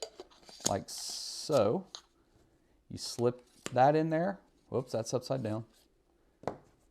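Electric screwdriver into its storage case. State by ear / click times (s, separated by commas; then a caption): seated / 6.5 s. Someone talks while a small electric screwdriver, first inserted upside down, is turned USB end up and pushed down into its plastic storage case. A short sharp click at 6.5 s marks it snapping into place, and the screwdriver is seated.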